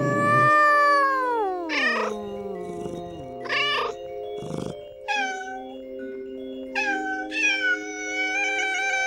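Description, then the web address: Cat giving a long, drawn-out meow that slides steadily downward, followed by several shorter meows. "Iransample cat"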